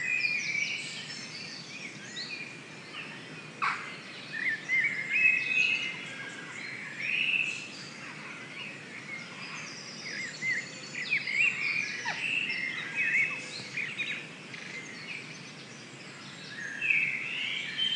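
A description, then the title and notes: A dawn chorus in Stroud, with many birds singing at once in bright, overlapping phrases and chirps that never let up. Short sharp calls stand out around four and twelve seconds, and louder bursts swell near the end over a soft steady hiss. Stroud dawn chorus. Just pure bird sound. Dawn chorus in Stroud recorded by Mike Bingham.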